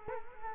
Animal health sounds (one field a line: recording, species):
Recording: mosquito wingbeat signal from an infrared sensor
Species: Culex quinquefasciatus